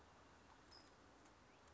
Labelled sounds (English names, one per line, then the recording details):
California Towhee
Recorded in Sonoma County, California